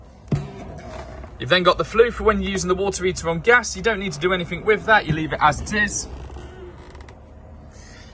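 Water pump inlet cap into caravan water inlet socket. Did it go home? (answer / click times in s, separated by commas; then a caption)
yes / 0.3 s. On a 2022 Bailey Unicorn Cabrera caravan, the submersible water pump's hose is plugged into the caravan's water inlet socket with the pump sitting in a full aqua roll. The inlet cap is pushed down and clicks home at 0.3 s, locking the pump in place. Someone then talks over a low background hum, and two faint ticks follow near the end.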